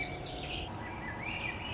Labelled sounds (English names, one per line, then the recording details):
Swainson's Thrush
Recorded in Sonoma County, California